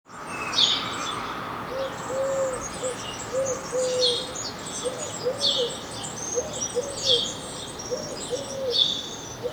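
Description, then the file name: House sparrow chirping in irregular clusters of sharp, high notes. Soft, low arched hooting notes repeat underneath for most. "Passer domesticus"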